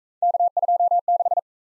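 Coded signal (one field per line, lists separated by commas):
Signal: Morse code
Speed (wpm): 40 wpm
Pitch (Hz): 700 Hz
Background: none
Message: K26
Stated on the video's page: Speed-Racing 28 wpm drill of three-character letter-number combinations, starting at 1.5 times base speed and slowing to base, with a final repeat at maximum speed.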